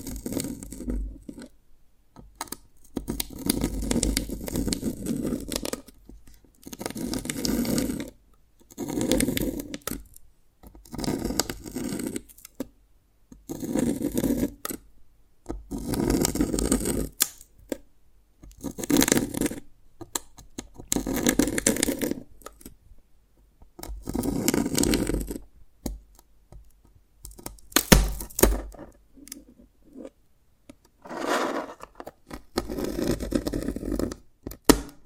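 Tapping and cracking on dalgona candy comes as short scratchy bursts, each a second or two long, with brief silences between them throughout. The sound sits low to middle in pitch, and sharp, brighter clicks cut in now and then.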